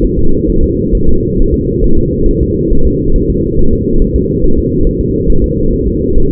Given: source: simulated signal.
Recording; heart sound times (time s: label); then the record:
fetal heart sounds
0.05 s: S1
0.19 s: S2
0.50 s: S1
0.64 s: S2
0.95 s: S1
1.09 s: S2
1.40 s: S1
1.54 s: S2
1.84 s: S1
1.98 s: S2
2.29 s: S1
2.43 s: S2
2.73 s: S1
2.87 s: S2
3.16 s: S1
3.30 s: S2
3.59 s: S1
3.73 s: S2
4.02 s: S1
4.16 s: S2
4.44 s: S1
4.59 s: S2
4.87 s: S1
5.01 s: S2
5.30 s: S1
5.44 s: S2
5.73 s: S1
5.87 s: S2
6.18 s: S1
6.32 s: S2
From the record:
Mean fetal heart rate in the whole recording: 135 bpm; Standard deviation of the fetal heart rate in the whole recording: 3 bpm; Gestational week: 36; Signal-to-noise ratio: -19.1 dB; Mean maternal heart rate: 72 bpm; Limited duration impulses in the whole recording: present